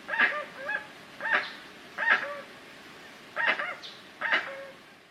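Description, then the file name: Guan calls: five harsh, nasal honks spaced roughly a second apart, each trailing into a short lower note. "canto do jacu"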